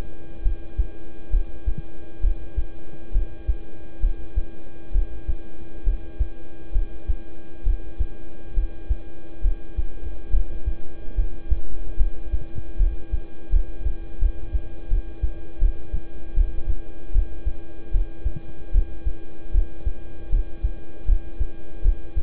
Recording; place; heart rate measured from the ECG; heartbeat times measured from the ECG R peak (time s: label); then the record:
heart sounds by stethoscope; between the tricuspid and mitral areas; 73 bpm
0.42 s: heartbeat
1.30 s: heartbeat
2.21 s: heartbeat
3.12 s: heartbeat
4.00 s: heartbeat
4.92 s: heartbeat
5.84 s: heartbeat
6.72 s: heartbeat
7.63 s: heartbeat
8.54 s: heartbeat
9.41 s: heartbeat
10.30 s: heartbeat
11.15 s: heartbeat
11.96 s: heartbeat
12.77 s: heartbeat
13.50 s: heartbeat
14.19 s: heartbeat
14.88 s: heartbeat
15.59 s: heartbeat
16.34 s: heartbeat
17.12 s: heartbeat
17.91 s: heartbeat
18.72 s: heartbeat
19.51 s: heartbeat
20.29 s: heartbeat
21.05 s: heartbeat
21.82 s: heartbeat
From the record:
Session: rest, lying down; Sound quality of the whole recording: good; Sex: male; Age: 26 years